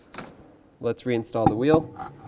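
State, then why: Seated. The AC compressor wiring connector on a 2003–2007 Nissan Murano is pushed into the compressor socket and clicks in at 0.2 s, seating securely. Someone then talks.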